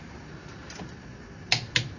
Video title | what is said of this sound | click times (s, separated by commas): DIY: Changing the differential oil on a 1st gen G35 | we go so you can see that click that tells us that it's the right setting and | 1.5 s, 1.8 s